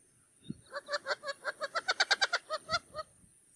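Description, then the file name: Wattled jacana uttering a quick run of nasal, grating notes that speed up toward the middle, then slow and end with a couple of separate notes. "CANTO-DO-JAÇANÂ-Jacana-jacana-Wattled-Jacana"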